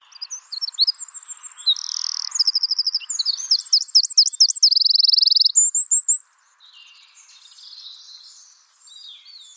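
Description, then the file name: Eurasian wren song, an explosive burst of shrill notes and rapid trills lasting about six seconds, followed by faint bird calls. "Troglodytes troglodytes"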